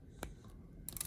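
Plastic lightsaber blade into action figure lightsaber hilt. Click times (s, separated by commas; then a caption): 0.9 s. A plastic lightsaber blade is pushed into an action figure's lightsaber hilt. After a brief tap at 0.2 s, it snaps into place with a sharp click at 0.9 s, followed by a couple of quick rattling clicks. The blade is seated.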